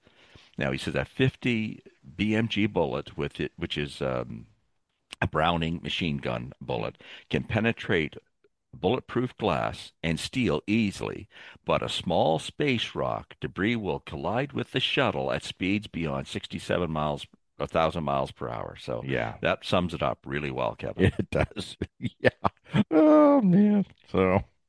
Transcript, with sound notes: Now, he says, "A 50 BMG bullet with i- which is, um, a Browning machine gun bullet can penetrate bulletproof glass and steel easily, but a small space rock debris will collide with the shuttle at speeds beyond 67 miles, 1,000 miles per hour." So-
Yeah.
... that sums it up really well, Kevin. (laughs)
It does. (laughs) Yeah. Oh, man.